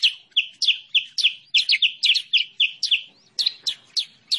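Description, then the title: Sooty-headed bulbul chirps: separate, clipped high notes about three a second, some with a quick upward flick, and a slurred note just after three seconds. Master lure song used to attract and trap birds or train cage birds; local name kutilang sutra. "Masteran Kutilang Sutra. suara pikat burung kutilang sutra"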